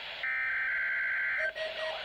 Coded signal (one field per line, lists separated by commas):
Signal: Emergency Alert System (SAME) tones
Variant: header bursts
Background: speech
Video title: EAS #498-499: Required Weekly Test